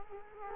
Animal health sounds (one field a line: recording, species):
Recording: mosquito wingbeat signal from an infrared sensor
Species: Culex quinquefasciatus